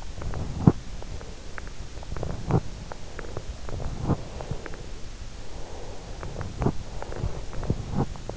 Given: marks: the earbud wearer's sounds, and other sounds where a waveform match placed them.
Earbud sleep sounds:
sounds in sleep by an in-ear microphone; teeth grinding, breath
0.31-0.97 s: teeth grinding
2.06-2.87 s: teeth grinding
3.90-4.42 s: teeth grinding
4.13-4.94 s: breath
5.57-6.43 s: breath
6.47-6.90 s: teeth grinding
6.93-7.92 s: breath
7.54-8.37 s: teeth grinding

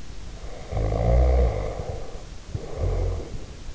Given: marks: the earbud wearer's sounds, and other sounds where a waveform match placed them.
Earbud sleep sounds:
sounds in sleep by an in-ear microphone; snoring breath
0.47-3.72 s: snoring breath

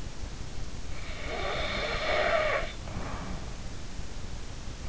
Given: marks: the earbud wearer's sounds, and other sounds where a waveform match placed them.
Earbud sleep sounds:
sounds in sleep by an in-ear microphone; snoring breath
1.01-3.64 s: snoring breath

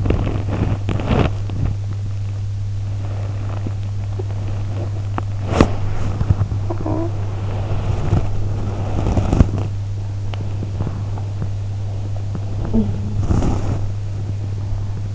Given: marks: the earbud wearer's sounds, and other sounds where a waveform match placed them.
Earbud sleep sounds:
sounds in sleep by an in-ear microphone; body movement, talking in sleep
0.00-15.15 s: body movement
6.66-7.05 s: talking in sleep
12.71-13.19 s: talking in sleep

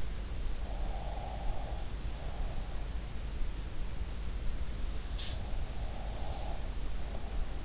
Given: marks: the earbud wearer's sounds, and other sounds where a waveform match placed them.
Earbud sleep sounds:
sounds in sleep by an in-ear microphone; breath
0.68-2.52 s: breath
5.12-5.51 s: sound from someone else or the room
5.68-7.65 s: breath

